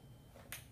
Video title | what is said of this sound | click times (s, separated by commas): Johnathon's casement window presentation 08-14-14 | hear that click yeah I did | 0.5 s